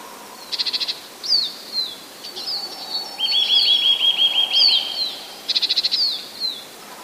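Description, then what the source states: Eurasian nuthatch song: one swift, steady trill of rapid repeated notes lasting under two seconds, framed by downslurred chirps and brief buzzy rattles. Song with faster trills.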